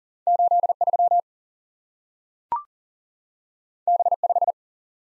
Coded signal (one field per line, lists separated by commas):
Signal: Morse code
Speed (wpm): 40 wpm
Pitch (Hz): 700 Hz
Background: none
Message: 83 B5